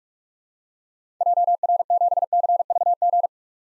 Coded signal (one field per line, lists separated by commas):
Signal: Morse code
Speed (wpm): 45 wpm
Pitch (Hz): 700 Hz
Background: none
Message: JR7CVG